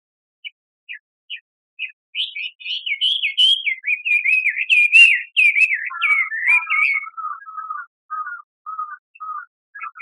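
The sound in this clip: Bird song with a few short chirps leading into a long rolling, whistled warble, then ending in a series of lower, repeated twittering notes.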